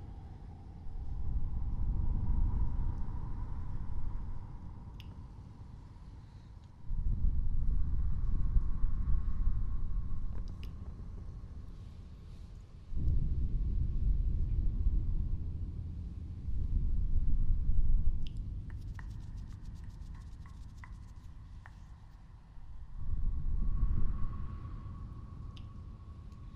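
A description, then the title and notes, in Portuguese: Breath is blown into the ears in heavy, rumbling gusts with an echo effect, each gust lasting a few seconds, starting around 1, 7, 13, 17 and 23 seconds. A faint steady hum runs underneath, with a few light clicks near 18–20 seconds. ASMR soprando os seus ouvidos com efeito de eco.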